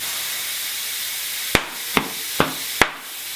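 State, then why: Seated. A tubeless bicycle tire is inflated with the valve core removed, and a steady hiss of air runs throughout. Its rubber beads pop onto the rim bead seat with four sharp snaps at 1.6, 2.0, 2.4 and 2.8 seconds. The beads are seated.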